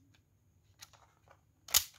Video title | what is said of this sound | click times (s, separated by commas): Cara bongkar servis Notebook Dell Inspiron Mini 1012 tak bersuara, rusak speakernya... | kalau udah bunyi klik berarti baterainya di sisanya tinggal | 1.7 s, 1.8 s